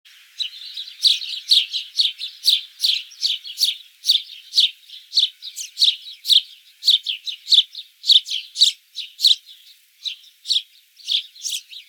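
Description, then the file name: House sparrow chattering with an almost unbroken run of loud cheeps throughout, with light background hiss. "Passer domesticus"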